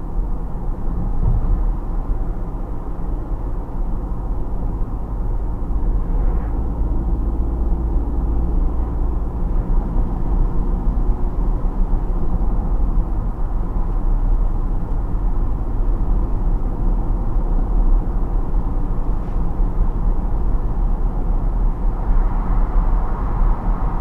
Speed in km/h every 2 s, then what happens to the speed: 53, 55, 57, 59, 62, 64, 66, 64, 66, 68, 70, 70.
0-10 speeds up to 64. 10-24 steady at about 66.